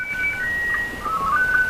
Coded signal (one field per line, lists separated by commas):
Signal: SSTV (slow-scan television)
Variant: Scottie 2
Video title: SSTV and an interactive video.